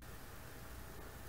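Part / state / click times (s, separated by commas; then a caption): refillable ink cartridge into inkjet printer carriage / not seated / none. A CL-246 refillable sponge ink cartridge is pressed down into the carriage of a Canon Pixma MX492 inkjet printer, which is too tight for it. Only a steady broadband hiss is heard, with no sharp sounds. The cartridge does not click into place, so it has not seated.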